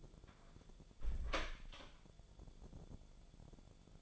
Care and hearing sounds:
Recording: daily activity, microphone in the room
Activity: close door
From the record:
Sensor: 5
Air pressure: 1015.3 hPa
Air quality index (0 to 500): 217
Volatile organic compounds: 12 ppm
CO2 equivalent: 2361 ppm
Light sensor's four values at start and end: 35/80/32/31 and 35/80/32/31

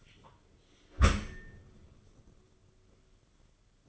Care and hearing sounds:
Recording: daily activity, microphone in the room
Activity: close dishwasher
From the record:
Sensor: 4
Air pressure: 995.2 hPa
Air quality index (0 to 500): 214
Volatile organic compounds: 248 ppm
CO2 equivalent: 4356 ppm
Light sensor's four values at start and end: 38/117/44/50 and 38/117/44/49

